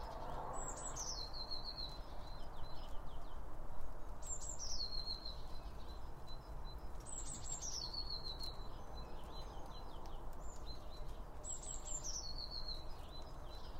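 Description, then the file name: Bird song with four high phrases, each falling in pitch into a fast trill, spaced roughly every four seconds, over a constant low rumble. Several birds around a bird feeder, recorded with two Line Audio OM1 microphones. "Birds Around Birdfeeding With Two Om 1 From Line Audio"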